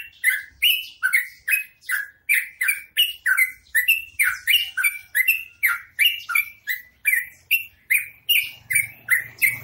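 Bird song in a steady series of sharp, harsh chip notes, about three per second, each note dropping in pitch with noisy high overtones.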